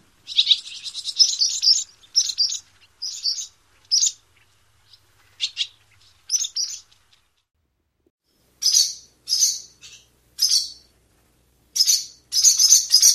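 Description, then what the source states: Barn Swallow giving rough cheeps in an irregular series, then a pause, then a few more grouped bursts of cheeps. Most common call, a cheep like a house finch's but rougher.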